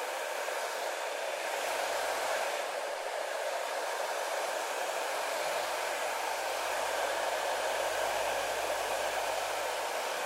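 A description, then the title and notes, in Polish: A hair dryer blows without pause at a hairdresser's, a dense, even rushing hiss that fills the upper and middle range at constant loudness. A faint low motor hum comes in briefly near two seconds and then stays from about four and a half seconds on. ASMR WIZYTA U FRYZJERA GWIAZD - ATELIER KAJETAN GÓRA.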